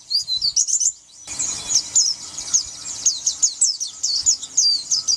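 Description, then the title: White-eye song, high rapid twitters over a sudden rise in background noise partway through, the notes continuing rhythmically. "Pleci"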